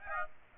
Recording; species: mosquito wingbeat signal from an infrared sensor; Aedes aegypti